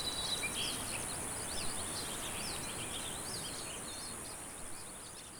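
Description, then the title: A sustained high-pitched cicada buzz runs throughout, mixed with busy, rapid bird twittering and a few louder chirps. "neoscenes: cicadas"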